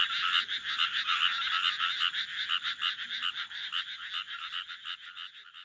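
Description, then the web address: Frogs croaking in a dense chorus, rapid rattling pulses repeated several times a second, overlapping throughout. "c soumei rengou. カエル喜ぶ"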